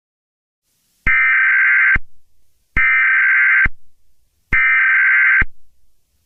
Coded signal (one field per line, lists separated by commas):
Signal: Emergency Alert System (SAME) tones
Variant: header bursts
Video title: [EAS SCENARIO] CHINESE AMERICAN WAR : a remake